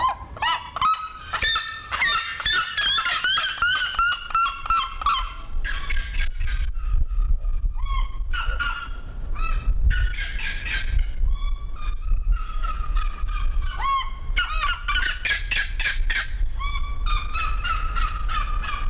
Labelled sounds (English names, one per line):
Red-legged Seriema call